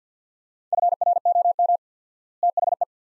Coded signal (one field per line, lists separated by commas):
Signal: Morse code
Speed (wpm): 50 wpm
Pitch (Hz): 700 Hz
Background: none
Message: FROM THE